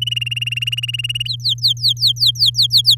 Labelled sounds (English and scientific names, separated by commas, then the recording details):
Domestic Canary (Serinus canaria) song
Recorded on 11 May 2018 at 06:31
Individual llb16